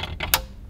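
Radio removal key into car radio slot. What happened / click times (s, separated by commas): The removal key latched into the radio's clip / 0.3 s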